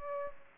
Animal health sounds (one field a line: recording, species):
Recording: mosquito wingbeat signal from an infrared sensor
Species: Aedes aegypti